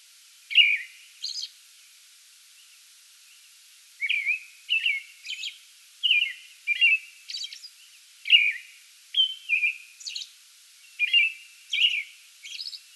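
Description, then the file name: American robin singing a steady series of rich whistled phrases paired with high thin notes, with a pause of a few seconds after the first phrases. Song bout recorded 8 May 2022. "2022-05-08 American Robin song bout"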